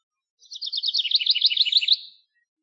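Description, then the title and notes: House wren song, a fast tumbling run of repeated high warbled notes. Male singing in search of a mate. "A tiny house wren, singing his heart out in search of a mate."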